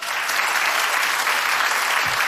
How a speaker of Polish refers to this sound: Wielkie brawa dla ciebie.